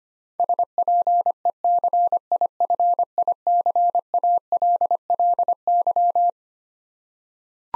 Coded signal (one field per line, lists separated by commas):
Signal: Morse code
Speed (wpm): 25 wpm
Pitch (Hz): 700 Hz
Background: none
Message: SPECIFICALLY